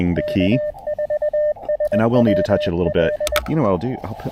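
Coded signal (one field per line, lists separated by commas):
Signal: Morse code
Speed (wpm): 20 wpm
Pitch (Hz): 600 Hz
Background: speech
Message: K4SWL E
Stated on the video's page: POTA park activation on CW with an Elecraft KX2, AX1 antenna and Begali Traveler key.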